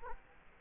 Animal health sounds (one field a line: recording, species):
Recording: mosquito wingbeat signal from an infrared sensor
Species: Culex quinquefasciatus